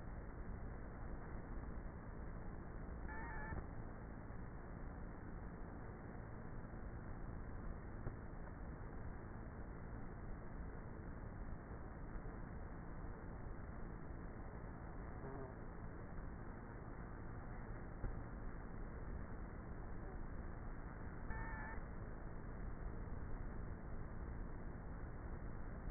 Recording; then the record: honeybee colony, microphone inside the hive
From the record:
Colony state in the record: queenless with a low population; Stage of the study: before two queens were removed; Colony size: about 30,000 bees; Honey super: no